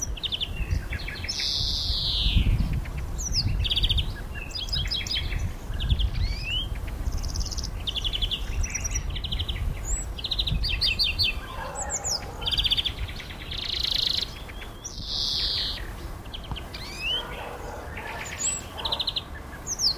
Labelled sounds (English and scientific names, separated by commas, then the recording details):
European Greenfinch (Chloris chloris) song
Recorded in the wild
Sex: male
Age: adult
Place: Berlin, OT Blankenfelde, Berlin, DE
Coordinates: 52.6375, 13.4131
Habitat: water, formerly gravel pit
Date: 1988-04-30 11:38
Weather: sunny, 16-20°C
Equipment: Nagra SN, Kopie Tesla B 116
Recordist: Tembrock, Günter